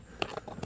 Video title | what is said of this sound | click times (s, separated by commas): How to remove replace 2006 mazda tribute steering wheel | this will just pop right back into place and you'll hear it snap just like that you know you got it in there good | 0.2 s